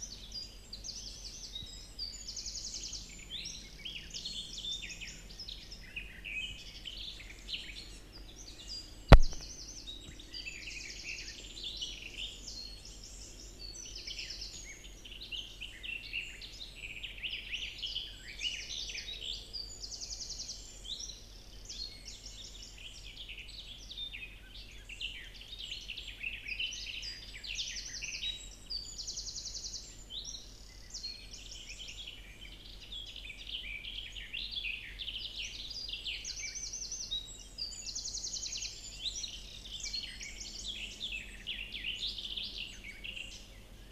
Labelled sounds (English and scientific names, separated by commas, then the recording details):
Garden Warbler (Sylvia borin) song
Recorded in the wild
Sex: male
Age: adult
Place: Marburg, Hessen, DE
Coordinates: 50.8136, 8.76417
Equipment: Uher 4100 Report-V, Sennheiser MKH 804, Kopie DAT
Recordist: Brunner, Thomas